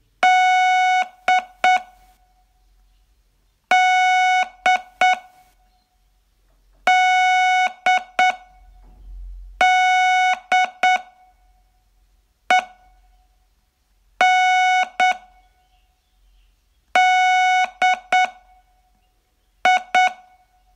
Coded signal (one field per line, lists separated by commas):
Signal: Morse code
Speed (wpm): 9 wpm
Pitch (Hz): 740 Hz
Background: none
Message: D D DDEN DI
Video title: Learn Morse in 42 Days from VU2LAU - day16